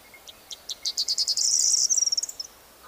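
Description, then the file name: Corn bunting song: short clicks accelerating into a rapid stuttering series, then a bright, shimmering jangle that fades out in quick ticks. "Stuart Fisher - Prosyanka Emberiza calandra"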